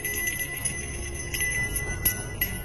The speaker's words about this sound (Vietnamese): Sau đó tiếng chuông rung lên leng ca leng keng.